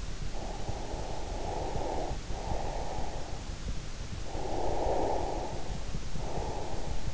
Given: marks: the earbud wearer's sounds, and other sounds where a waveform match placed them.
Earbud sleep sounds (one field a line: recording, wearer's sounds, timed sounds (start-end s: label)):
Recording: sounds in sleep by an in-ear microphone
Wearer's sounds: breath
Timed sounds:
0.29-3.41 s: breath
4.29-7.14 s: breath